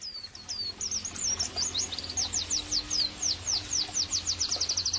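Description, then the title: White-eye song: high twittering notes grow into a regular sequence of downslurred whistles that speed up into a fast trill at the end. Pleci singing actively (gacor); therapy and bird-training (masteran) audio for pleci. "Pleci Gacor. terapi pleci dextro 87 plus masteran kenari sahdu OmAcuz Dextro87 channel"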